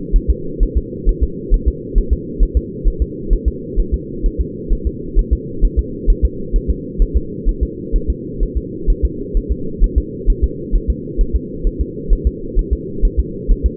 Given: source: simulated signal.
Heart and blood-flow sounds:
fetal heart sounds
0.16 s: S1
0.30 s: S2
0.63 s: S1
0.77 s: S2
1.09 s: S1
1.23 s: S2
1.54 s: S1
1.68 s: S2
1.98 s: S1
2.13 s: S2
2.43 s: S1
2.57 s: S2
2.88 s: S1
3.02 s: S2
3.33 s: S1
3.48 s: S2
3.80 s: S1
3.94 s: S2
4.26 s: S1
4.41 s: S2
4.73 s: S1
4.87 s: S2
5.19 s: S1
5.33 s: S2
5.65 s: S1
5.79 s: S2
6.10 s: S1
6.25 s: S2
6.56 s: S1
6.70 s: S2
7.02 s: S1
7.17 s: S2
7.49 s: S1
7.63 s: S2
7.96 s: S1
8.10 s: S2
8.43 s: S1
8.57 s: S2
8.90 s: S1
9.05 s: S2
9.37 s: S1
9.52 s: S2
9.84 s: S1
9.98 s: S2
10.30 s: S1
10.44 s: S2
10.75 s: S1
10.90 s: S2
11.21 s: S1
11.36 s: S2
11.67 s: S1
11.81 s: S2
12.13 s: S1
12.27 s: S2
12.59 s: S1
12.73 s: S2
13.05 s: S1
13.20 s: S2
13.51 s: S1
13.66 s: S2
From the record:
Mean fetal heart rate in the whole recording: 130 bpm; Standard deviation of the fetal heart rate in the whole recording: 4 bpm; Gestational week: 38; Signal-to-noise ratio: -4.3 dB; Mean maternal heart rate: 72 bpm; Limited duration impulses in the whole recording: absent

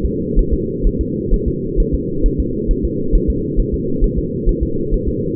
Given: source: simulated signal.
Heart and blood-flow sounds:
fetal heart sounds
0.05 s: S2
0.39 s: S1
0.53 s: S2
0.87 s: S1
1.01 s: S2
1.34 s: S1
1.48 s: S2
1.80 s: S1
1.94 s: S2
2.26 s: S1
2.40 s: S2
2.71 s: S1
2.85 s: S2
3.15 s: S1
3.30 s: S2
3.60 s: S1
3.74 s: S2
4.04 s: S1
4.18 s: S2
4.49 s: S1
4.63 s: S2
4.94 s: S1
5.08 s: S2
From the record:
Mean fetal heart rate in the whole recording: 130 bpm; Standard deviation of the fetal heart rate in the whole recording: 4 bpm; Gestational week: 38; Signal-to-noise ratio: -6.6 dB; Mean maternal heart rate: 72 bpm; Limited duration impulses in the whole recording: present

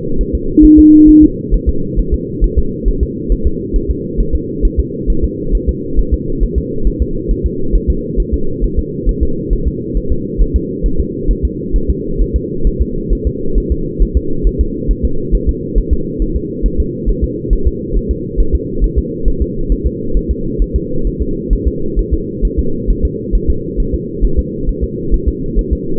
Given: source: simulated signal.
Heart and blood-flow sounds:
fetal heart sounds
0.21 s: S1
0.35 s: S2
0.65 s: S1
0.79 s: S2
1.09 s: S1
1.24 s: S2
1.54 s: S1
1.69 s: S2
1.99 s: S1
2.14 s: S2
2.44 s: S1
2.58 s: S2
2.88 s: S1
3.03 s: S2
3.32 s: S1
3.47 s: S2
3.76 s: S1
3.91 s: S2
4.20 s: S1
4.35 s: S2
4.65 s: S1
4.79 s: S2
5.10 s: S1
5.24 s: S2
5.55 s: S1
5.69 s: S2
5.99 s: S1
6.14 s: S2
6.43 s: S1
6.58 s: S2
6.87 s: S1
7.02 s: S2
7.31 s: S1
7.46 s: S2
7.75 s: S1
7.90 s: S2
8.20 s: S1
8.34 s: S2
8.64 s: S1
8.79 s: S2
9.09 s: S1
9.23 s: S2
9.53 s: S1
9.67 s: S2
9.97 s: S1
10.12 s: S2
10.41 s: S1
10.56 s: S2
10.86 s: S1
11.00 s: S2
11.31 s: S1
11.45 s: S2
11.76 s: S1
11.90 s: S2
12.21 s: S1
12.36 s: S2
12.67 s: S1
12.82 s: S2
13.13 s: S1
13.27 s: S2
13.58 s: S1
13.72 s: S2
14.02 s: S1
14.17 s: S2
14.47 s: S1
14.61 s: S2
14.91 s: S1
15.05 s: S2
15.35 s: S1
15.49 s: S2
15.78 s: S1
15.93 s: S2
16.22 s: S1
16.36 s: S2
16.66 s: S1
16.80 s: S2
17.09 s: S1
17.24 s: S2
17.53 s: S1
17.67 s: S2
17.97 s: S1
18.11 s: S2
18.40 s: S1
18.55 s: S2
18.84 s: S1
18.99 s: S2
19.28 s: S1
19.42 s: S2
19.72 s: S1
19.87 s: S2
20.17 s: S1
20.31 s: S2
20.62 s: S1
20.76 s: S2
21.07 s: S1
21.22 s: S2
21.53 s: S1
21.68 s: S2
21.99 s: S1
22.14 s: S2
22.45 s: S1
22.59 s: S2
22.90 s: S1
23.05 s: S2
23.35 s: S1
23.50 s: S2
23.80 s: S1
23.94 s: S2
24.25 s: S1
24.39 s: S2
24.69 s: S1
24.84 s: S2
25.14 s: S1
25.28 s: S2
25.59 s: S1
25.73 s: S2
From the record:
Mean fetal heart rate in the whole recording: 135 bpm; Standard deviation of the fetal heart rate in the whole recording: 3 bpm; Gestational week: 36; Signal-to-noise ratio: -8.1 dB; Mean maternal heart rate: 72 bpm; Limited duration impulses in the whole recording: present

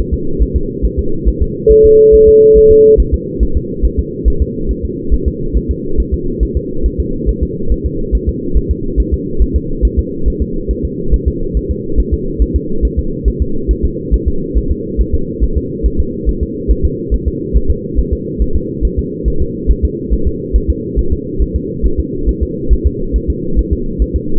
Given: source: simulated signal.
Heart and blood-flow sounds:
fetal heart sounds
0.14 s: S2
0.42 s: S1
0.56 s: S2
0.85 s: S1
0.99 s: S2
1.28 s: S1
1.42 s: S2
1.71 s: S1
1.85 s: S2
2.14 s: S1
2.28 s: S2
2.57 s: S1
2.71 s: S2
3.00 s: S1
3.14 s: S2
3.43 s: S1
3.57 s: S2
3.85 s: S1
3.99 s: S2
4.28 s: S1
4.42 s: S2
4.71 s: S1
4.85 s: S2
5.14 s: S1
5.28 s: S2
5.57 s: S1
5.71 s: S2
6.00 s: S1
6.14 s: S2
6.43 s: S1
6.57 s: S2
6.86 s: S1
7.00 s: S2
7.29 s: S1
7.43 s: S2
7.72 s: S1
7.86 s: S2
8.15 s: S1
8.29 s: S2
8.57 s: S1
8.71 s: S2
9.00 s: S1
9.14 s: S2
9.42 s: S1
9.56 s: S2
9.85 s: S1
9.99 s: S2
10.28 s: S1
10.42 s: S2
10.71 s: S1
10.85 s: S2
11.14 s: S1
11.28 s: S2
11.57 s: S1
11.71 s: S2
12.00 s: S1
12.14 s: S2
12.42 s: S1
12.56 s: S2
12.85 s: S1
12.99 s: S2
13.28 s: S1
13.42 s: S2
13.71 s: S1
13.85 s: S2
14.14 s: S1
14.28 s: S2
14.57 s: S1
14.71 s: S2
15.01 s: S1
15.15 s: S2
15.44 s: S1
15.57 s: S2
15.86 s: S1
16.00 s: S2
16.29 s: S1
16.43 s: S2
16.71 s: S1
16.85 s: S2
17.14 s: S1
17.28 s: S2
17.57 s: S1
17.70 s: S2
17.99 s: S1
18.13 s: S2
18.42 s: S1
18.56 s: S2
18.85 s: S1
18.99 s: S2
19.28 s: S1
19.42 s: S2
19.71 s: S1
19.85 s: S2
20.13 s: S1
20.27 s: S2
20.56 s: S1
20.70 s: S2
20.99 s: S1
21.13 s: S2
21.42 s: S1
21.56 s: S2
21.86 s: S1
22.00 s: S2
22.29 s: S1
22.43 s: S2
22.73 s: S1
22.86 s: S2
23.16 s: S1
23.30 s: S2
23.59 s: S1
23.73 s: S2
24.02 s: S1
24.16 s: S2
From the record:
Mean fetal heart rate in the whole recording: 140 bpm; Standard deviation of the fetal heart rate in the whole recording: 2 bpm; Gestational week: 34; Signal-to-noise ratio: -8.1 dB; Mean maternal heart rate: 72 bpm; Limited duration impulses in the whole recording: present

